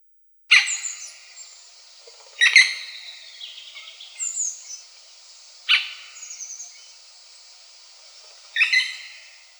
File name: Djatel zelenyj